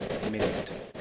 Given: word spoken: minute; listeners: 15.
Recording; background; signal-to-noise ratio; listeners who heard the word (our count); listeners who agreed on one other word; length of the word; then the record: one English word in noise, from a listening test; noise modulated by three-talker babble; -5.4 dB; 1 of 15; 14 of 15; 0.61 s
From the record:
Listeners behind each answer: 14, 1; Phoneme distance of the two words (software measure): 7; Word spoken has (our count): 2 syllables, 5 phonemes, stress on syllable 1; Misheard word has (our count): 1 syllable, 4 phonemes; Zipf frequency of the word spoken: 5.23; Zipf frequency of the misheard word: 4.15